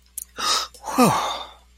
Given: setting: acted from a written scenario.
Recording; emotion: vocal sound without words; relief